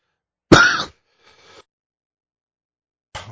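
One loud, harsh cough from an adult man who still has a lingering cough, then a faint breath and the start of a second cough.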